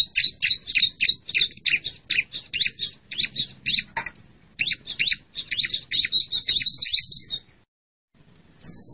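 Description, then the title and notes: Bar-winged prinia producing quick, sharp, high chirps in a rapid run, about three or four per second, then a pause before a final high note. Noisy calling used as a lure sound to attract wild birds; local Indonesian name ciblek. "Suara Pikat Burcil Ribut Paling Ampuh Ngabisin Burung Liar. ciblek"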